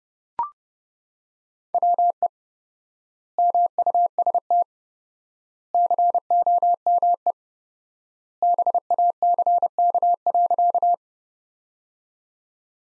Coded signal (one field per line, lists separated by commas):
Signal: Morse code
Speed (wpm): 30 wpm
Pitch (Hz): 700 Hz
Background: none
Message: WE MUST COME BACK.